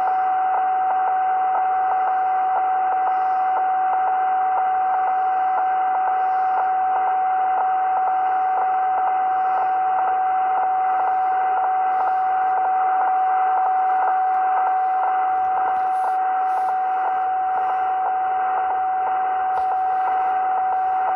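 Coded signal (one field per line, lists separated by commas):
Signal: unidentified radio signal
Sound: constant mid-pitched tone over radio hiss with faint rapid ticking clicks throughout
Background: radio static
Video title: 56.523 MHZ unknown signal NJ USA 9/4/24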